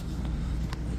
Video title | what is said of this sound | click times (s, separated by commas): NAYAX VPOS TOUCH INSTALL ON VENDO 10 SELECTION XL | so you want it like that the wires to be in the grooves and it'll snap in place | 0.7 s